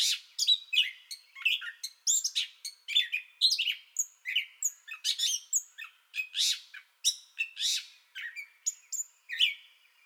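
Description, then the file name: Gray catbird song, a rapid, unbroken jumble of varied squeaky, mewing and whistled phrases, each different from the last, high-pitched throughout with no other sounds. Song bout already in progress, recorded 30 May 2021. "2021-05-30 Gray Catbird Song Bout Already Going"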